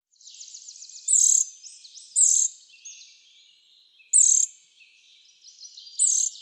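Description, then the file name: Eurasian nuthatch: a quick soft trill opens, then four strong high call notes at uneven intervals, with fainter notes between. "Sitta europaea"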